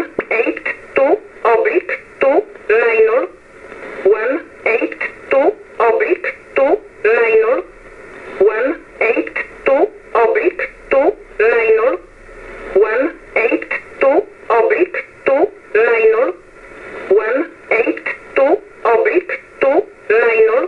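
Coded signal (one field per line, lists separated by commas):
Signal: numbers station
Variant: E11 Oblique, English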